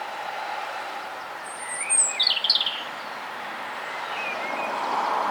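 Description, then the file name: European robin song: a thin high whistle, then a brief burst of squeaky, jumbled high notes and a short warbled phrase, over steady low background rumble. "Erithacus rubecula"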